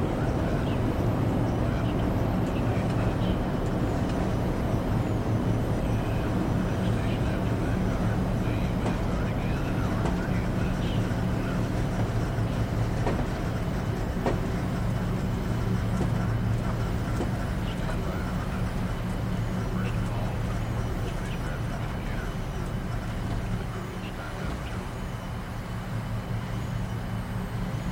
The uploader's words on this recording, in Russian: Атмосфера Кабины Шаттла. В этом выпуске вы почувствуете нежное гудение и мягкие звуковые сигналы шаттла. Самые спокойные и атмосферные звуки на борту космического шаттла.